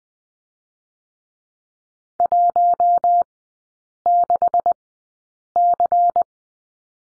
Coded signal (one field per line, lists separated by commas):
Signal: Morse code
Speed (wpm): 20 wpm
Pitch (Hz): 700 Hz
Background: none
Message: 16C